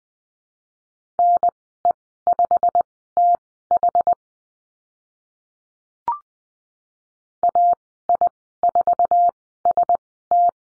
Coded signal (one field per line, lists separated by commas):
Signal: Morse code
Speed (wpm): 20 wpm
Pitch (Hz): 700 Hz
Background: none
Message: NE5TH AI4ST